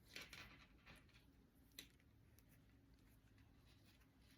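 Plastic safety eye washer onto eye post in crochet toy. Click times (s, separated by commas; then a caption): 1.8 s. A plastic safety back (washer) is pushed onto the post of a safety eye through a crocheted bunny head, with soft rustling and handling noises near the start. A short, sharp click at 1.8 s marks the back seating onto the post, securing the eye in place.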